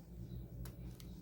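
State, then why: Not seated. A watch strap is pressed further into the body frame of a WS-X9 Ultra smartwatch, with only small handling knocks at about 0.7 s and 1.0 s over a low background hum. Nothing has seated or clicked yet; the strap lock fails to catch and the strap is still force fitting.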